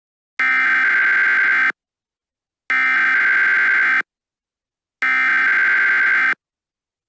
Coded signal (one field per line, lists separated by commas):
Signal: Emergency Alert System (SAME) tones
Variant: header bursts